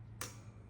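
A plastic shelf sleeve clip is pushed around the metal post of a wire shelving rack and snaps into place with a single sharp click at 0.2 s. The click is bright and broadband over a steady low hum. The sleeve is seated and secure on the post.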